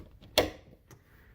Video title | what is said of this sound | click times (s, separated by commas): Lotus Evora - Lift Support | ball and socket joint pops right in same | 0.4 s